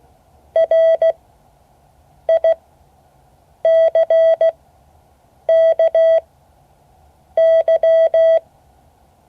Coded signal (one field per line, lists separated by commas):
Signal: Morse code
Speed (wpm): 16 wpm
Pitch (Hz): 650 Hz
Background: none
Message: RICKY